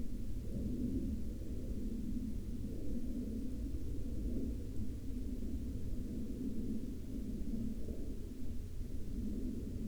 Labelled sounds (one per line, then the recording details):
aircraft
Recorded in the Arctic National Wildlife Refuge, Alaska, on 13 May 2019 at 02:10
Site 33